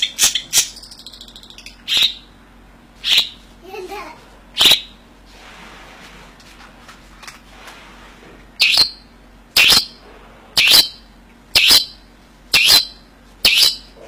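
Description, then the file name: Long-tailed shrike giving loud, harsh chack notes, mostly about one per second after a brief scratchy opening, with a quiet pause in the middle. "cendet samohong"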